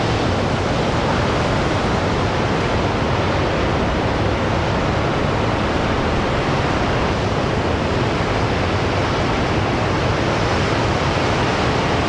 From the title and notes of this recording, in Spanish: Trasládate a los escarpados acantilados de Orkney, en la punta de Escocia, donde el Océano Atlántico choca de manera hipnotizante contra la antigua línea costera. Olas Furiosas del Acantilado.